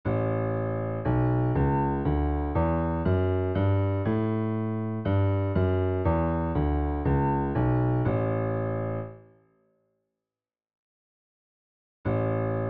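A Mixolydian scale played in steady, evenly spaced notes, each with a strong attack and a rich, bright tone, climbing and then coming back down. The last note rings out and fades to silence around nine seconds, and a new note starts at twelve.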